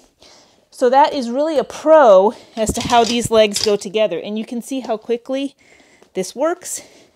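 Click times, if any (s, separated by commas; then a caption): none. Someone talks while handling the hinged leg of an Ever Advanced camping cot, pushing it down toward a socket in the cot frame. A few faint handling noises are heard under the talking. Nothing has seated or clicked yet.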